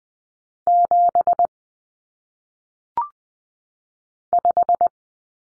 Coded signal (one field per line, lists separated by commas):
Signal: Morse code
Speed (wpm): 20 wpm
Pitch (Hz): 700 Hz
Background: none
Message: 7 5